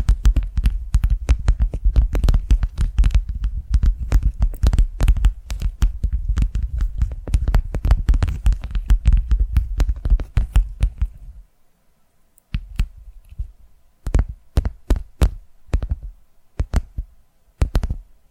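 Rapid, dense tapping with deep, thumping low end fills the first eleven seconds in a fast, uneven flurry. It then cuts to near silence for about a second before resuming as sparser, slower taps in short clusters until the end.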